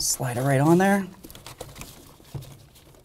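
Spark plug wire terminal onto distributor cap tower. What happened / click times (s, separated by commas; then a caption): The wire boot is being slid on but has not clicked home yet / none. Someone talks while sliding a spark plug wire's rubber boot and metal terminal onto a distributor cap tower on a 1994–2004 Chevy S-10. Faint handling taps and rubs follow between about 1.3 and 1.8 seconds. The terminal has not clicked or seated onto the tower yet.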